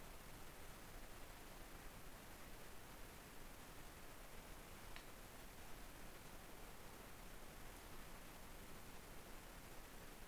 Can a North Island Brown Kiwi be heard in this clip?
no